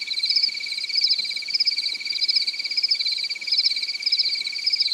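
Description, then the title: Cricket producing a high, rapid pulsed trill, louder pulses recurring at a steady beat, unbroken. "AnimalCricket"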